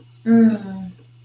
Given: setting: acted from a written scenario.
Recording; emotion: vocal sound without words; desire